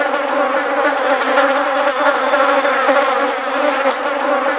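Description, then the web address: Fly: flies buzzing as a swarm, a dense continuous drone with shifting overlapping tones that holds steady throughout without pause. "Zero-G Ambient 1 HOT INSECTS SWARMOF FLYS"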